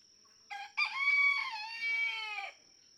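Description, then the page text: Red junglefowl (chicken): rooster crowing once, a short opening note then a long steady harmonic crow of under two seconds. Several domestic roosters (chickens) in a barnyard, each crowing differently, just outside Mammoth Cave National Park, Kentucky, USA, June 2, 2010; illustrates that each individual has its own song. "Birdsong for the Curious Naturalist Red junglefowl (chicken) No two roosters crow alike in this Kentucky barnyard. June 2, 2010. Just outside Mammoth Cave National Park, Kentucky."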